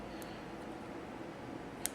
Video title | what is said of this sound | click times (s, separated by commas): Delphi Connector pn 52 LS Engine HO2S Connector | insert till you hear it click | 1.9 s